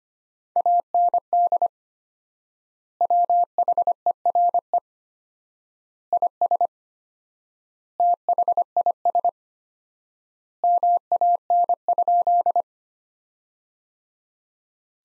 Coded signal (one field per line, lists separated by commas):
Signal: Morse code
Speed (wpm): 25 wpm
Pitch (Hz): 700 Hz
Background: none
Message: AND WHERE IS THIS MAN?